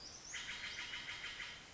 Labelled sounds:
Western Flycatcher
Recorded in Sonoma County, California

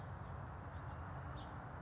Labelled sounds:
House Finch
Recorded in Sonoma County, California

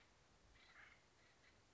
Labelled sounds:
Acorn Woodpecker
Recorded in Sonoma County, California

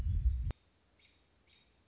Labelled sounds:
American Robin
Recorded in Sonoma County, California

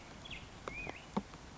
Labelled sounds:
Black-headed Grosbeak
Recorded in Sonoma County, California

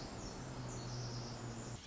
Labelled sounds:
Pacific Wren
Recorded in Sonoma County, California

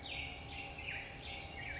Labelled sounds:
Black-headed Grosbeak
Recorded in Sonoma County, California

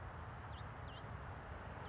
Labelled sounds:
House Finch
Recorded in Sonoma County, California

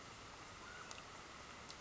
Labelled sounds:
Mountain Quail
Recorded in Sonoma County, California

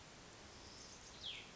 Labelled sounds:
Cassin's Vireo
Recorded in Sonoma County, California

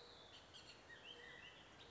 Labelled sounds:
Bullock's Oriole
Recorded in Sonoma County, California

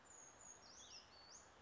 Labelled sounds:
Brown Creeper
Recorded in Sonoma County, California

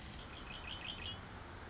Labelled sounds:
Red-winged Blackbird
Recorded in Sonoma County, California

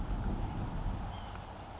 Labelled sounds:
White-breasted Nuthatch
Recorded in Sonoma County, California

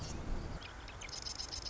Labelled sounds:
Marsh Wren
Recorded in Sonoma County, California

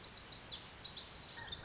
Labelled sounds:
Lazuli Bunting
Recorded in Sonoma County, California

